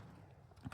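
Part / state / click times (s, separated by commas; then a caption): wiring harness connector into dash control panel / seated / 0.7 s. A wiring harness plug is pushed into the back of a replacement center dash control panel on a 2011 Jeep Liberty 3.7. Two short, sharp clicks land at 0.7 s and 0.7 s over a low rumbling background, and the connector is seated.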